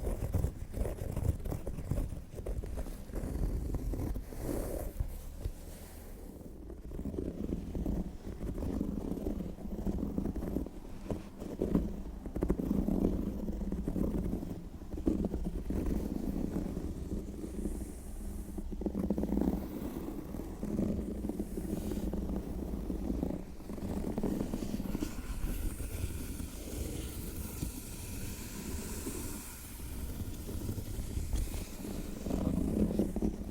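Fingernails scratch across leather and textured metallic leather bags in a steady, dense rustle that runs the whole time. The scraping sits mostly in the low and middle range, with brief louder strokes every few seconds and a low rumble underneath.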